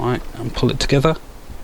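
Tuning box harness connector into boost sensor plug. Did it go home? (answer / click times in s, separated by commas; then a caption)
no / none. Someone talks while lining up the male end of a tuning box wiring harness with the boost sensor connector in the engine bay of a 2021 Audi A3, ready to push the plastic connectors together. The part is handled but nothing has seated or clicked yet.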